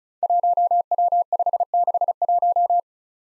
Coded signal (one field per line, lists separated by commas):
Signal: Morse code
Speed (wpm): 36 wpm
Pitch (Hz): 700 Hz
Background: none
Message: 1W561